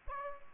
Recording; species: mosquito wingbeat signal from an infrared sensor; Aedes aegypti